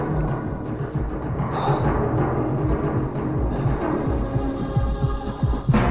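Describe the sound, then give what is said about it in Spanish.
A heartbeat sound effect throbs steadily, deep and muffled, over a constant low hum, with no voices present. “Los latidos de su corazón.”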